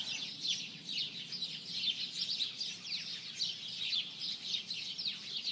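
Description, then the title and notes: Birds in a dense chorus of quick, high chirps and twitters, tumbling over one another without pause, a faint low background hum underneath. "Birds by Liraz Axelrad"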